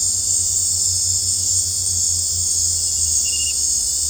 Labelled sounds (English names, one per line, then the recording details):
none
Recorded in dense forest near Puerto Asís, Putumayo, Colombia, on 18 December 2024 at 19:00
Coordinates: 0.466, -76.327
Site G075